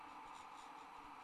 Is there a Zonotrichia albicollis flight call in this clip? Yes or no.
no